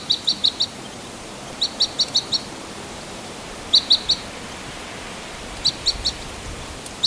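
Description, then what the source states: Red Crossbill flight calls, short sharp kip notes in tight bursts of three or four, repeated every two seconds or so over steady background hiss. Type E call type; flight calls.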